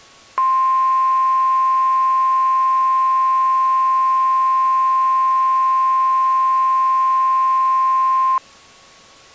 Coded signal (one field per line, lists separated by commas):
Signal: Emergency Alert System (SAME) tones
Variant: 1050 Hz attention tone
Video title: EAS - Chevron Refinery CEM Recreation